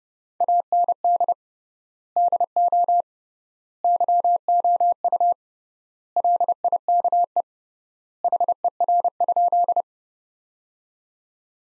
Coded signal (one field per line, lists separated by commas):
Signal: Morse code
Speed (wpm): 29 wpm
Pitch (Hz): 700 Hz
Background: none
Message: AND DO YOU LIKE HER?